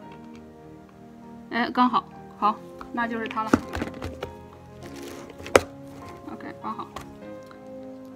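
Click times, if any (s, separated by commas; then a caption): none. Someone talks over background music while handling a 1.2 mm metal screwdriver bit that is about to be pushed into the screwdriver handle. Short sharp taps and knocks are heard, the loudest near 5.6 s. The bit has not seated or clicked into the handle yet.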